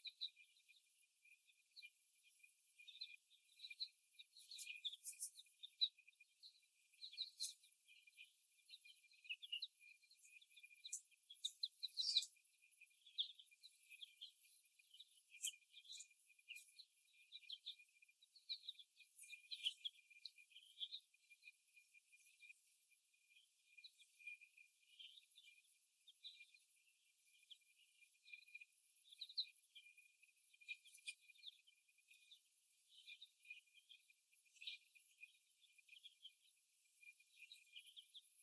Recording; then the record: young laying hens in a cage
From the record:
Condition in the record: after the stressor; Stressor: simulated dog barking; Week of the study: 1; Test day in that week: 1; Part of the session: 3